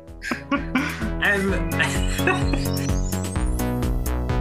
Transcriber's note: laughter